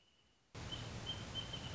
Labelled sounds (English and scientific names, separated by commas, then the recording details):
Wrentit (Chamaea fasciata)
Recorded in Sonoma County, California